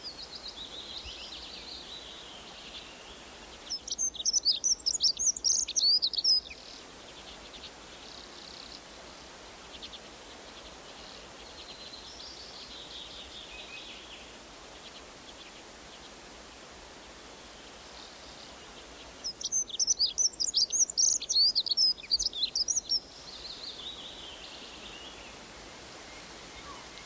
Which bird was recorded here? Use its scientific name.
Prunella modularis